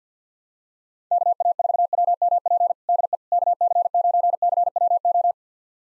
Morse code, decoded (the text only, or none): KA4WMP DE KC9CWO